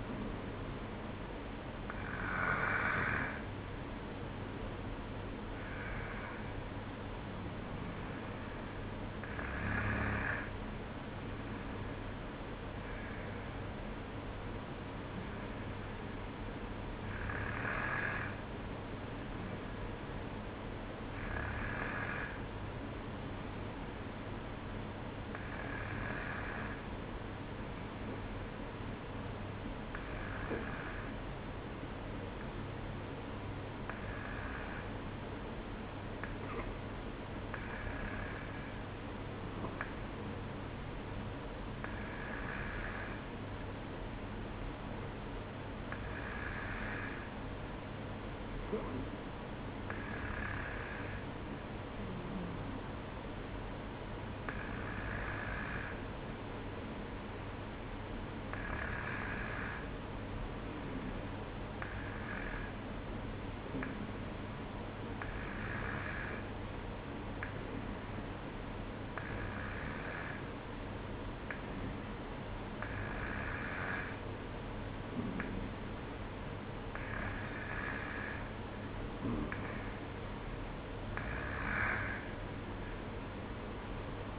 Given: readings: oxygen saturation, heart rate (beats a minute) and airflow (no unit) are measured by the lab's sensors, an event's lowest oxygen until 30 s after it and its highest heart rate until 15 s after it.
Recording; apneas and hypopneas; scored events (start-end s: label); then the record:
breathing in sleep by a voice recorder at the bedside; none
36.00-84.39 s: new sleep stage, N2 (light sleep)
From the record:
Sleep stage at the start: N1 (lightest sleep); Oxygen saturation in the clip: 92 to 94%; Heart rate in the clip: 53 to 58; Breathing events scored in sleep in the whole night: 305 in 9.6 hours asleep